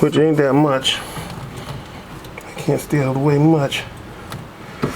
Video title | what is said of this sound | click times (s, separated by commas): How to Replace the Fuel Pressure Regulator in a Porsche 996 Turbo | i snapped into place and there you have it | 4.3 s, 4.8 s